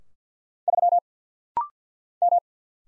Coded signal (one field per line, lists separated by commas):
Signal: Morse code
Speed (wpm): 50 wpm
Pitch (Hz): 700 Hz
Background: none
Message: 3 M